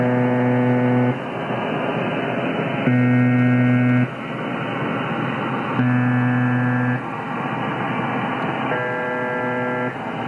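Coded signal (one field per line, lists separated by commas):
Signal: channel marker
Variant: UVB-76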